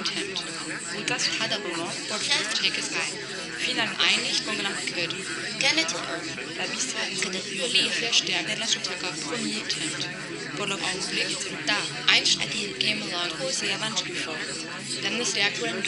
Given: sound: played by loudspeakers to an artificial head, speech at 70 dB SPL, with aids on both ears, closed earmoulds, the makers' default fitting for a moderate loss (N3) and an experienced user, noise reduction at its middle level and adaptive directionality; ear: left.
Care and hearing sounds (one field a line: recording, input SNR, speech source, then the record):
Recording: speech test signal (ISTS) in cocktail-party noise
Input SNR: -6 dB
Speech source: in front (0 degrees)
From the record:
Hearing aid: class 1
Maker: B